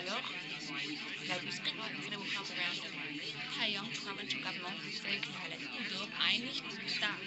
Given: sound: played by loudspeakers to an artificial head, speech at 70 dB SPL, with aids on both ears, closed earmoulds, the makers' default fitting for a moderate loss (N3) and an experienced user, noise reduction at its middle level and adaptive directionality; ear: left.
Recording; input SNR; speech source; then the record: speech test signal (ISTS) in cocktail-party noise; -6 dB; in front (0 degrees)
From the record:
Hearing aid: class 1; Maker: D